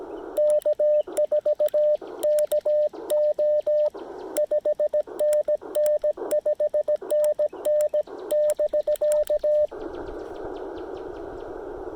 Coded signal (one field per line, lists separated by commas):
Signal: Morse code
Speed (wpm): 17 wpm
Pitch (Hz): 600 Hz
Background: radio noise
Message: K4KO 5NN 5NN <BK>